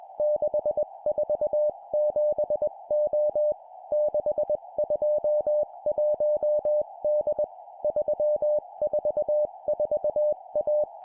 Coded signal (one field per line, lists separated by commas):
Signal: Morse code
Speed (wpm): 21 wpm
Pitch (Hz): 600 Hz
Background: music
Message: 647O 621D 344A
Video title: 20wpm Four letter words number,number,number,letter, cw morse code course